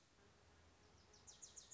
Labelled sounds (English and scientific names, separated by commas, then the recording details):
Wilson's Warbler (Cardellina pusilla)
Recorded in Sonoma County, California